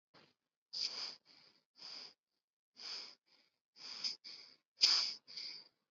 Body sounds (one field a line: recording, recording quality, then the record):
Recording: shallow breathing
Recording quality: excellent, no background noise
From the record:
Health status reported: respiratory illness, not identified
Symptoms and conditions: sore throat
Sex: female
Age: 28 years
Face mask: not worn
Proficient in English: yes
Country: India